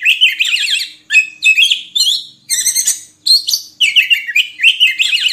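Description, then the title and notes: Oriental magpie-robin song of dense, rich chirping phrases repeated in quick succession with brief gaps between them. Long-duration song of the Oriental magpie-robin, played to train caged birds to sing actively day and night. "Kacer Jadi Gacor Siang Malam. Isian Kacer Durasi Panjang"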